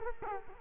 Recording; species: mosquito wingbeat signal from an infrared sensor; Culex quinquefasciatus